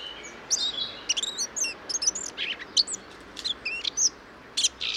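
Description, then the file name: Eurasian blackcap giving scattered sharp high chirps and brief whistled slurs, spaced by short pauses. "Sylvia atricapilla"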